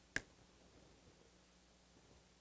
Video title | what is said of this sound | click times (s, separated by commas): Rear Berring Carrier-How To Replace Traxxas Slash | and it will actually snap in place so you have to apply a little bit of force okay | 0.2 s